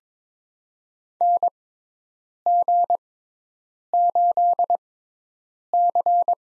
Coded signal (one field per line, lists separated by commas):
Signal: Morse code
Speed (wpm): 22 wpm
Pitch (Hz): 700 Hz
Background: none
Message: NG8C